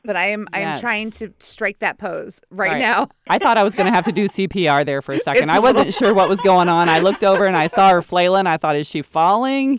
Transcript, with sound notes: But I am trying to strike that pose right now.
I thought I was gonna have to do CPR there for a second. [laugh] I wasn’t sure what was going on. I looked over and I saw her flailing, I thought, is she falling?